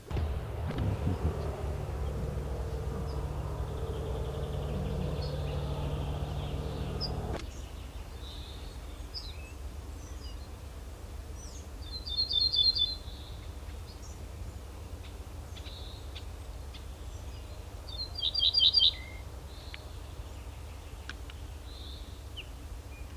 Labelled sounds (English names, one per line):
Ortolan Bunting song